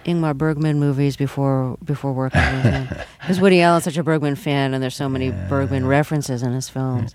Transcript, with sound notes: Ingmar Bergman movies before working? (Soundbite of laughter) Because Woody Allen's such a Bergman fan, and there's so many Bergman references in his films.